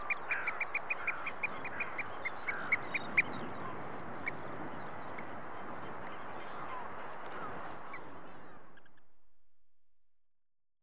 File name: Oystercatcher calls, with skylark and heavy sea in background